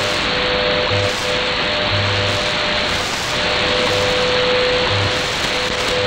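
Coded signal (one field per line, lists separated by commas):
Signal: radio time signal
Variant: WWVH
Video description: A weak WWVH on 15 Mhz. This is easily identified by the female announcer. No audio from WWV.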